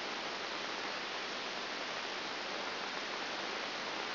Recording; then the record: brain microelectrode recording played as sound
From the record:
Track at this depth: inside the subthalamic nucleus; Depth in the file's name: 1.105 mm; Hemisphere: left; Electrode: 2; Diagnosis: Parkinson's disease